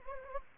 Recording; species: mosquito wingbeat signal from an infrared sensor; Anopheles gambiae